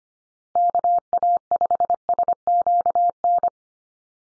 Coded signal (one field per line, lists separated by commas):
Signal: Morse code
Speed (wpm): 25 wpm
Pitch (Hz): 700 Hz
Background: none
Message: KA5SQN